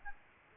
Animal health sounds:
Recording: mosquito wingbeat signal from an infrared sensor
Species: Aedes albopictus

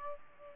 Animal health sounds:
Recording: mosquito wingbeat signal from an infrared sensor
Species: Aedes aegypti

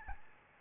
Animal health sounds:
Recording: mosquito wingbeat signal from an infrared sensor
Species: Aedes albopictus

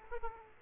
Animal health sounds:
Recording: mosquito wingbeat signal from an infrared sensor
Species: Aedes aegypti

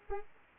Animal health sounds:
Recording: mosquito wingbeat signal from an infrared sensor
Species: Anopheles arabiensis

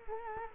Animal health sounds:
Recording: mosquito wingbeat signal from an infrared sensor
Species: Culex quinquefasciatus

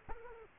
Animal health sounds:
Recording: mosquito wingbeat signal from an infrared sensor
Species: Culex quinquefasciatus

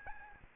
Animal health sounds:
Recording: mosquito wingbeat signal from an infrared sensor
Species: Aedes albopictus

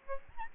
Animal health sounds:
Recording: mosquito wingbeat signal from an infrared sensor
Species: Aedes albopictus

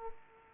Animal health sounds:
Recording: mosquito wingbeat signal from an infrared sensor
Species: Culex pipiens

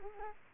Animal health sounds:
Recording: mosquito wingbeat signal from an infrared sensor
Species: Culex quinquefasciatus

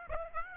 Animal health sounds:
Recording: mosquito wingbeat signal from an infrared sensor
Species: Aedes aegypti

